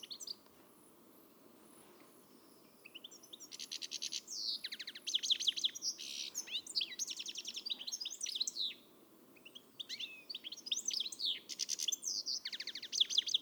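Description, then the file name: European goldfinch song: after a mostly quiet start, bursts of rapid high twittering and dry buzzy trills follow in quick, uneven phrases to the end. "Carduelis carduelis"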